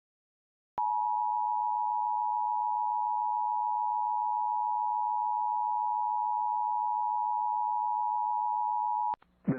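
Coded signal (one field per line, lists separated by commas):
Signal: Emergency Alert System (SAME) tones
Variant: 853 and 960 Hz attention tone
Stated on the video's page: EAS alert aired on a PBS television station during program breaks.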